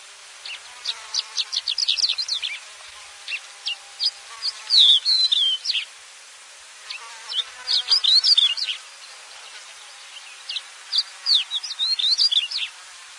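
Slender-billed short-toed lark giving a rapid jumble of high chirps in bursts of about two to three seconds, separated by brief pauses.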